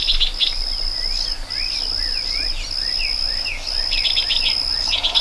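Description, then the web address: Crickets trill high and continuously with brief pauses, joined by rapid pulsed bursts and several slurred bird notes. Meadow ambience with birds and crickets. "Dr Sound Effects. A Meadow With Birds and Crickets"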